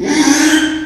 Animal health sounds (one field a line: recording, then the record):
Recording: squeal of a Yucatan mini pig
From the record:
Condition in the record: after surgery on the right vocal fold (resection and tissue-engineered implant)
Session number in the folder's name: 3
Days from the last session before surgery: 33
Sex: male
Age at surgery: 12 weeks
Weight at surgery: 13 kg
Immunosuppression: cyclosporine, prednisolone